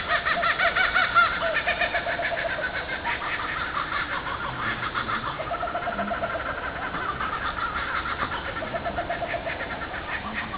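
Laughing kookaburra laughter, a steady stream of repeated hoarse chuckles and cackles, slightly quieter toward the end.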